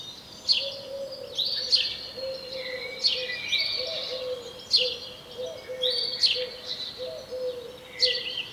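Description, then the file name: House sparrow call, bright chirps given singly or in quick pairs about every second, over a faint constant hum. "Passer domesticus"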